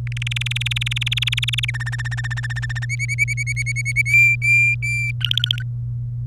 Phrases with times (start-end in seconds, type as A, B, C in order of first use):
0.07-1.71 A, 1.74-2.85 B, 2.89-4.02 C, 4.06-5.12 D, 5.21-5.63 E